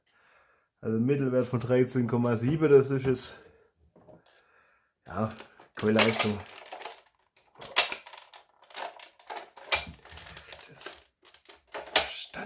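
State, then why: Not seated. Someone talks while repeatedly priming a toy foam dart blaster after a weak test shot, making a series of sharp plastic clacks and rattles, the loudest near 7.8, 9.7 and 12.0 seconds. The plastic catch does not lock the plunger, and nothing has seated or clicked yet.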